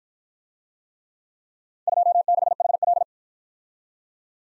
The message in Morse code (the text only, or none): 26HL